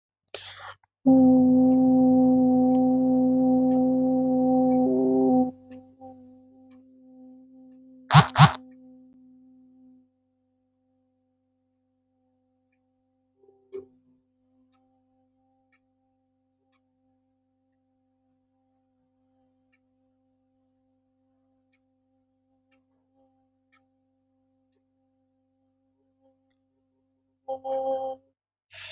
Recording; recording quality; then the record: sustained vowel as in boot; excellent, no background noise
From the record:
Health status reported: healthy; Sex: female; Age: 31 years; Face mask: not worn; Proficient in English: yes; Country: India